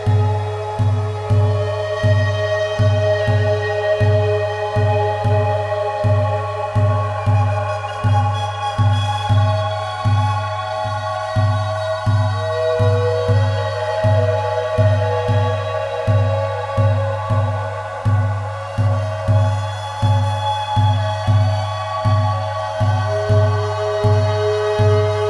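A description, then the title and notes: A drum beats steadily, about twice a second, under sustained flute tones that hold long notes and shift pitch around twelve and twenty-three seconds. Sounds of a raven flute, eagle clay whistle and drum.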